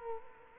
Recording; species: mosquito wingbeat signal from an infrared sensor; Culex quinquefasciatus